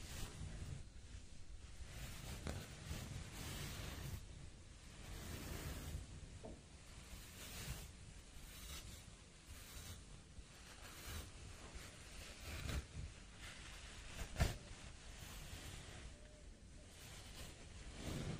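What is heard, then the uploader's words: Hair being rolled makes a dense, hissy rustle that swells and fades in uneven waves every second or two, with a soft low rumble underneath. A couple of sharp clicks stand out, one near the thirteen-second mark and a louder one around fourteen and a half seconds. Hair roll.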